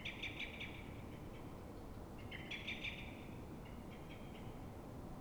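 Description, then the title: Common blackbird scolding with rapid clicking alarm notes, a strong bout at the start and another midway, then a quieter trailing series; faint rumble underneath. Alarm call of a frightened or threatened bird at dawn in Fuenlabrada, Madrid, Spain, twenty minutes after earlier calls; probably reacting to a second blackbird heard distantly early on; Zoom H1n recorder. "Pl. de Francisco Escolar, 10, 28944 Fuenlabrada, Madrid, España - Mirlo asustado"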